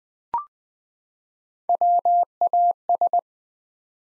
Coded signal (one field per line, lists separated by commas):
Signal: Morse code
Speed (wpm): 21 wpm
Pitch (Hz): 700 Hz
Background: none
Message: WAS